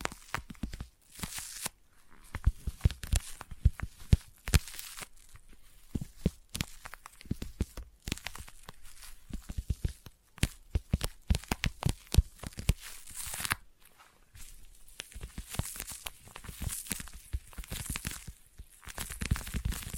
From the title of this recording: ASMR Intense Sticky Tapping and Sticky Triggers (No Talking)